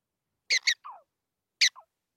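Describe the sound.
Prairie dog barks: two sharp, high chirping notes in quick succession, a softer descending squeal, then one more sharp chirp with a brief trailing note.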